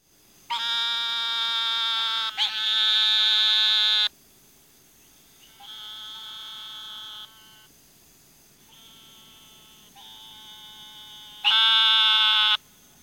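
Eastern narrow-mouthed toad producing several drawn-out, nasal buzzes of varying loudness, some quieter.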